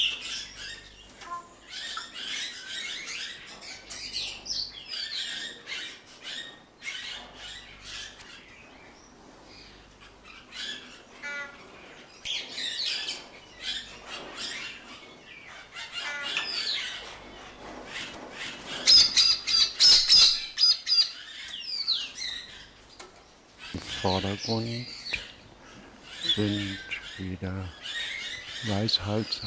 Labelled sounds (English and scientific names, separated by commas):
White-necked Myna (Streptocitta albicollis) call